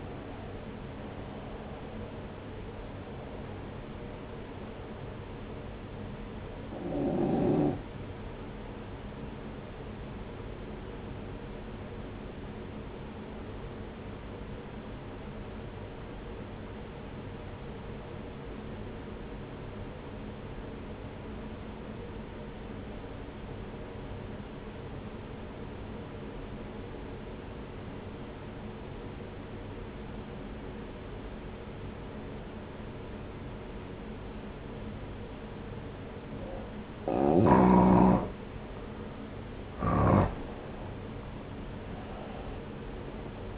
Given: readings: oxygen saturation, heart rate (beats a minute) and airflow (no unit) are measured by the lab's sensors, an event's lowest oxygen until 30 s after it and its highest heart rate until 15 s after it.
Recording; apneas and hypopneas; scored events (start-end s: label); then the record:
breathing in sleep by a voice recorder at the bedside; 1
15.00-39.00 s: obstructive apnea (N1, oxygen 95% highest, then 86% lowest, heart rate 61 at the start, 71 highest)
From the record:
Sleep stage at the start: N1 (lightest sleep); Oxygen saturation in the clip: 87 to 95%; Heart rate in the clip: 60 to 80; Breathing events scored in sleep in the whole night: 303 in 8.1 hours asleep